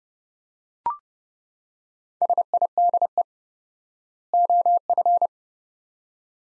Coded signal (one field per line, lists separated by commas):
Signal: Morse code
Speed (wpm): 30 wpm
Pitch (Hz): 700 Hz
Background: none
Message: SIDE OF